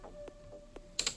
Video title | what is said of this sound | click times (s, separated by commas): Rotate your Tesla tires for free | get kind of hard here so you got to push down and listen for that click and then you know that they're | 1.0 s